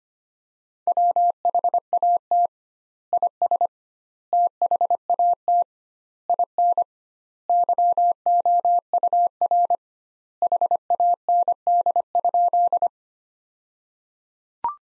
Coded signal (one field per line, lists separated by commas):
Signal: Morse code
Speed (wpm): 25 wpm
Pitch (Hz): 700 Hz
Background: none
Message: WHAT IS THAT IN YOUR HAND?